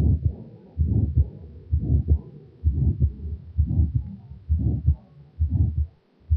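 Regular heartbeat near 65 per minute, heard at the second auscultation point, with a harsh systolic murmur passing into a soft diastolic murmur and a sharply weakened or absent second sound over the aorta, from combined aortic stenosis and aortic regurgitation.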